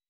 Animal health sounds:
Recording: hydrophone in a shrimp aquaculture tank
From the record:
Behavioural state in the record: weakened

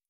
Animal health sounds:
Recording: hydrophone in a shrimp aquaculture tank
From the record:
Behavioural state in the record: feeding

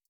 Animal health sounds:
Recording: hydrophone in a shrimp aquaculture tank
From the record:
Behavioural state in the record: stressed

